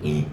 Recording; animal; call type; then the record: contact call of a hoofed animal; pig; closed-mouth grunt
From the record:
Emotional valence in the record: negative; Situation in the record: short social isolation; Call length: 0.33 s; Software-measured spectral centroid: 1880 Hz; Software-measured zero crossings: 690 a second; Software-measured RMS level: -24 dBFS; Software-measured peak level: -13 dBFS